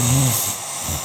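A low, buzzing snore rattles through the first third of a second, then fades and starts to return at the end. The vibrating, snorting inhalation is typical of ordinary snoring, a problem that can keep people up at night, performed here as an acted sound in a Mattress Firm advertisement.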